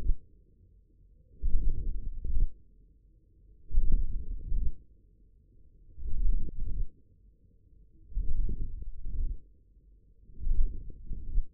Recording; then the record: forearm muscle sounds (acoustic myography)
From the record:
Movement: wrist flexion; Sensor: system 1, eight BSWA MPA416 microphones around the upper forearm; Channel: 5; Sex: male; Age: 54 years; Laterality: right